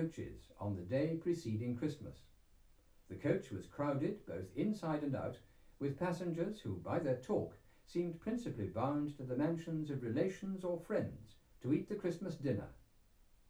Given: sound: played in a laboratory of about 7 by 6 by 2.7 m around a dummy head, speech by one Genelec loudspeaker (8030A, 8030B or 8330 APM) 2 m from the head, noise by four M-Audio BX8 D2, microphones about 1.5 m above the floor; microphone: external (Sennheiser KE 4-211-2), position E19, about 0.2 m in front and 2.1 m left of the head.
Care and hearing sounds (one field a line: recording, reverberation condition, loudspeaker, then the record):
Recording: male speech in English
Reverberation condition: low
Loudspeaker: behind (180 degrees)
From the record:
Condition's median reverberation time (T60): about 310 ms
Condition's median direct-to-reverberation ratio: about 3.5 dB